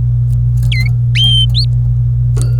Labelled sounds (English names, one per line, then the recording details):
Domestic Canary song
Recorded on 25 April 2018 at 14:17
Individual llb3